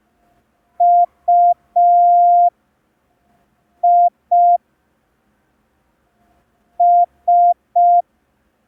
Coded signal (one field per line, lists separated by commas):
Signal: Morse code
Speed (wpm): 5 wpm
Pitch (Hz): 700 Hz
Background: none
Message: UI S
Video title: [MC–02] Learn Morse Code in 10 Days (Day 2) – ASOC Tutorials India